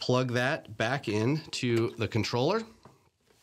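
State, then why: Not seated. A ribbon cable connector is being plugged back into a replacement Hydrawise Wi-Fi face panel on a Hunter Pro C sprinkler irrigation controller. Someone talks for most of the clip, followed by a faint, brief tick near 2.9 s and quiet handling. The connector has not seated or clicked yet.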